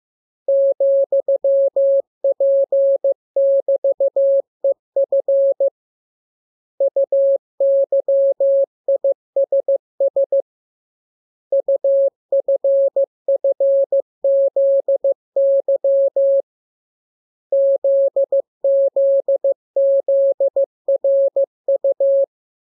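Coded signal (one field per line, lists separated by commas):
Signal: Morse code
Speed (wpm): 15 wpm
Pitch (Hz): 550 Hz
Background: none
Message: ,P<BT>EF UYISS UFFZY ZZZRU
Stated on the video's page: Morse receiving lesson covering letters and punctuation; radiograms begin with VVV and a section sign and end with AR.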